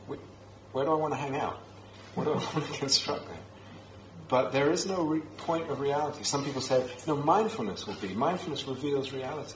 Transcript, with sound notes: Where do I want to hang out? What do I want to construct, then?" [laughs] But there is no point of reality. Some people say, "Mindfulness will be. Mindfulness reveals reality."